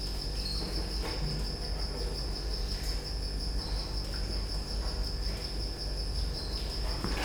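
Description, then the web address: Cricket trilling, an unbroken high-pitched ringing tone held throughout, a deep mechanical hum underneath and scattered soft clicks. Recorded at Győr zoo in 2014 with professional equipment; an insect near the left microphone, electrical equipment; still-life scene. "allathangok gyorizoo 2014 professzionalis gallerospavian balmikrofonnalegyrovar elektromosberendezes tucsok csendelet"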